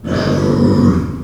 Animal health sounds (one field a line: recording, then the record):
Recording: squeal of a Yucatan mini pig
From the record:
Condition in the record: after surgery on the right vocal fold (resection and tissue-engineered implant)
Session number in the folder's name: 12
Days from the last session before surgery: 105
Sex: female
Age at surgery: 19 weeks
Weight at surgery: 25 kg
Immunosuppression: prednisolone